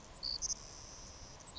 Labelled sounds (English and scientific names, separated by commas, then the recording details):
Savannah Sparrow (Passerculus sandwichensis)
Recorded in Sonoma County, California